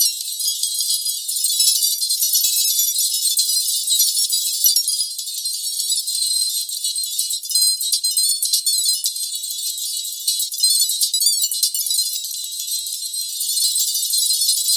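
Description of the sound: A steady, hissy, jingling high-pitched sound with no low tones, shimmering like tiny rattling keys and shifting slightly in texture throughout. It is a synthetic tinnitus masker, a 4 kHz distractor sound used in sound therapy to draw attention away from ringing in the ears.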